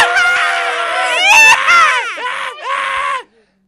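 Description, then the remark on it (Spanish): A loud crowd of young men in Cincinnati, Ohio, screams and cheers at a Super Tuesday political rally in a dense wall of high, overlapping voices with rising whoops, cutting off abruptly after about three seconds. “¿cómo grita ese? Como perros en celo, estos muchachos de Ohio, Cincinnati.”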